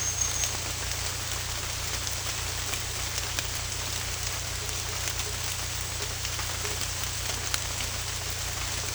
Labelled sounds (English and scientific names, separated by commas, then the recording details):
none
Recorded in secondary vegetation near Puerto Asís, Putumayo, Colombia, on 18 December 2024 at 16:00
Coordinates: 0.484, -76.319
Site GP06